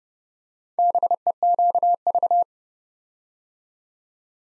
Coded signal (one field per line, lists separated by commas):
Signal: Morse code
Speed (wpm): 30 wpm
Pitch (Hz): 700 Hz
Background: none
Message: BEQV